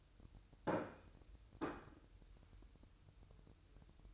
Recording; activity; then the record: daily activity, microphone in the room; place plate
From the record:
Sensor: 2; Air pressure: 988.5 hPa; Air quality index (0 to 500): 193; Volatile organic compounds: 196 ppm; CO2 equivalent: 4202 ppm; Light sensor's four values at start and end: 19/64/25/24 and 19/64/25/24